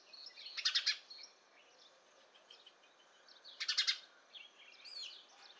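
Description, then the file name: House sparrow calls: two rough, rattling chirp bursts about three seconds apart, thin high twittering notes from other birds between them. "Passer domesticus"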